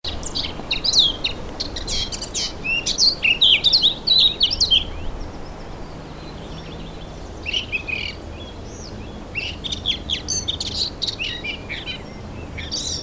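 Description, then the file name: Eurasian blackcap song: a rich, rapid warbled phrase of high whistles and chirps, then a pause and further softer, scratchy warbling bursts. "Sylvia atricapilla"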